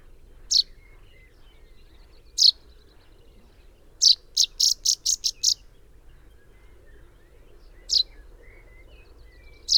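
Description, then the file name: Common chaffinch giving short, sharp high calls: single notes a couple of seconds apart, with a quick burst of several in a row midway. The background is otherwise quiet. "Fringilla coelebs"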